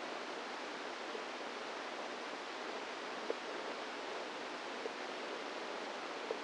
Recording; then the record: brain microelectrode recording played as sound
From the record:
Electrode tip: inside the subthalamic nucleus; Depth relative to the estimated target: -2 mm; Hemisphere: right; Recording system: NeuroSet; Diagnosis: Parkinson's disease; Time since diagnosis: 10 years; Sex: female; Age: 45 years